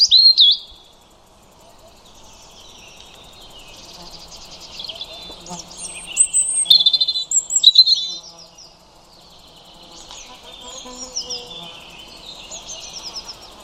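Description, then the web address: European robin with a brief high sliding note at the start, then a longer jumble of thin, tinkling warbles and trills midway, softer phrases after. "2025 File origin Bird Only Er Ru"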